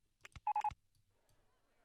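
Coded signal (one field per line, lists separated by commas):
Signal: none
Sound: game sound effect beeps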